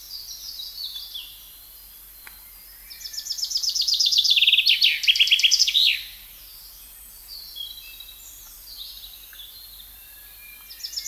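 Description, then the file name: Common chaffinch song: one loud, accelerating series of bright descending trill phrases ending in a brief flourish, with fainter twittering from other birds before and after. "Fringilla coelebs"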